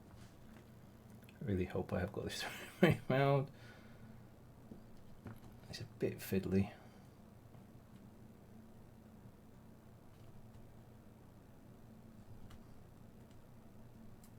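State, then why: Not seated. A spring-bar watch strap is being fitted into the case lugs of a Samsung Galaxy Watch5 Pro while someone talks in two short bursts. Faint taps and fiddly handling sounds follow in near-quiet as the strap is lined up. Nothing has seated or clicked into place yet.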